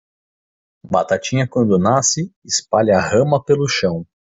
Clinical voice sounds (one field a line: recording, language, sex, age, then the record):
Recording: short text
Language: Brazilian Portuguese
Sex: male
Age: 30 to 39 years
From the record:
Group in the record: control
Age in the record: 32 years